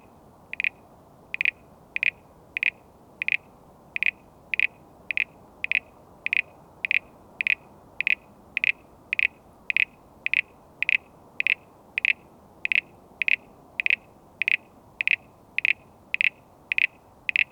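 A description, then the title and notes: Froglets call near a house in a fast, regular series of sharp, bright clicks, about two per second, over a faint low hum. A short clip of a bunch of Crinia signfiera and/or C. Recorded in Canberra in Spring 2020. A bunch of Crinia signfiera and/or C. parasignifera calling near our house.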